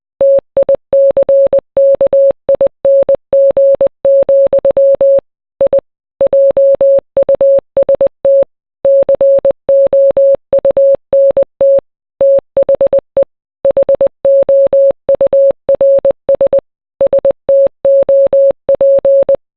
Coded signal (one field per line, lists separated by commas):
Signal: Morse code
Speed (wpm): 20 wpm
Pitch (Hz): 550 Hz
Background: none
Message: TICKING, I JUST COUNT THE HOURS STOP